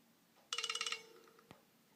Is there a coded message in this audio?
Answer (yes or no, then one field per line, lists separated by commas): no